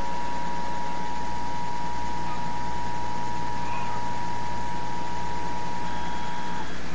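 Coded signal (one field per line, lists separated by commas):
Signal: Emergency Alert System (SAME) tones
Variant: 853 and 960 Hz attention tone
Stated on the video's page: Required monthly test broadcast on a TV station.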